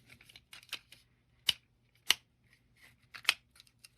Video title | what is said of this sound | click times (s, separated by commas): Luke Skywalker's X-Wing - Complete Build | and just like a good snap kit it snaps into place | 2.1 s, 3.3 s